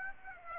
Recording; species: mosquito wingbeat signal from an infrared sensor; Aedes aegypti